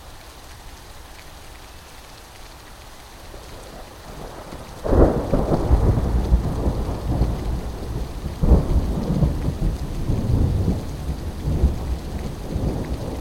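Heavy rain hisses steadily through a thunderstorm. A quiet stretch builds slowly until a loud, deep rumble of thunder breaks in near five seconds, followed by more rolling thunder and sharp cracks around eight and a half seconds, with the rain continuing underneath.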